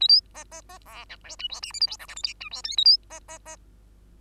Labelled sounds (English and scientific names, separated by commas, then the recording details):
Bengalese Finch (Lonchura striata domestica) song
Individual Bird2